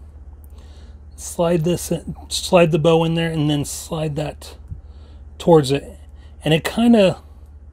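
Someone talks while handling the plastic power bow accessory of a Hasbro Mighty Morphin Power Rangers Lightning Collection Pink Ranger action figure, pulling it back and sliding the bow halves toward each other, with a steady low hum underneath and a few faint ticks early on. Nothing has seated or clicked yet; the bow halves have not locked together by the end.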